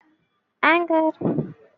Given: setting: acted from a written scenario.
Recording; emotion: vocal sound without words; anger